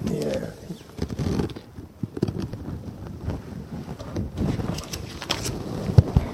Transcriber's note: microphone noise